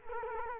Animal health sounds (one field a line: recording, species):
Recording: mosquito wingbeat signal from an infrared sensor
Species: Culex quinquefasciatus